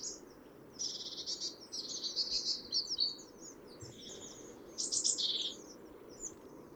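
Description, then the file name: Great tit calls: rapid bursts of high, thin chirping notes, several clustered phrases over a few seconds, with a low steady background hum. "Parus major"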